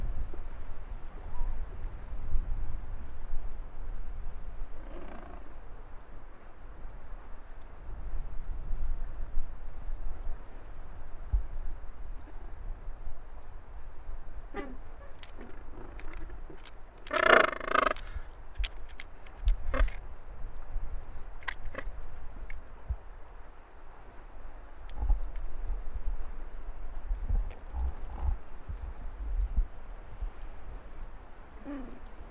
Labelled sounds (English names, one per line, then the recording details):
Gentoo Penguin call
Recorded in the wild
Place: Brown Station, Antarctica, AQ
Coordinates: -64.54, -62.52
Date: 2018-12-25
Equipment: Olympus LS-100, Sennheiser ME66
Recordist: Beaulieu, Michaël